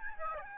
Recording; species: mosquito wingbeat signal from an infrared sensor; Aedes albopictus